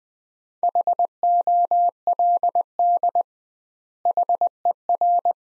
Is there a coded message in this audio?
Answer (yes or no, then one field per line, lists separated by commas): yes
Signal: Morse code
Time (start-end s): 0.6-5.3 s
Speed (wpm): 20 wpm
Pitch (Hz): 700 Hz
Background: none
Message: HOLD HER